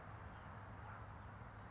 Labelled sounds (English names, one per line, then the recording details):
California Towhee
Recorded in Sonoma County, California